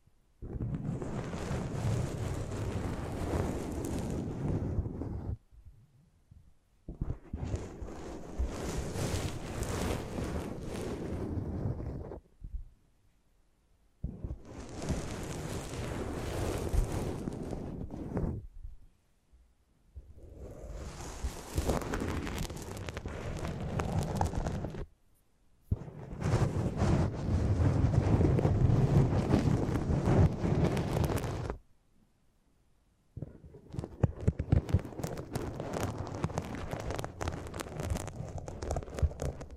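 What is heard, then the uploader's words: Close-up handling of a microphone comes in six dense bursts of rough, buffeting noise, each lasting about five seconds with short silent gaps between them. The sound is heavy and rumbling low down with a gritty hiss on top, and the final burst turns more crackly and uneven. ASMR Close Up Mic Treatment Tingle Galore (No Talking).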